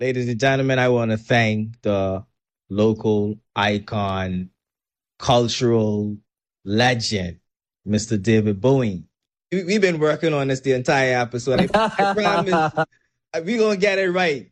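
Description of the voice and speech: A man speaks fluently in a clear, mid-pitched voice at an unhurried pace, pausing between phrases; typical speech.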